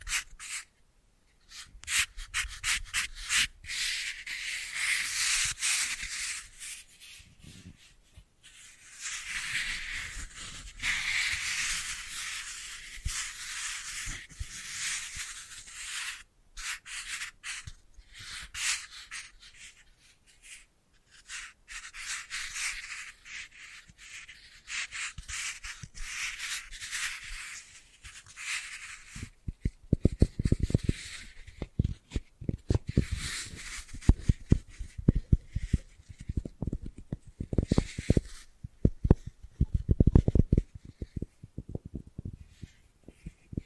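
Bracelets and jewelry boxes being handled, with dense, bright rubbing and sliding that comes in uneven bursts with short pauses. From about thirty seconds the sound changes to heavier, sharper knocks and taps, irregular and fairly quick, mixed with continued scraping.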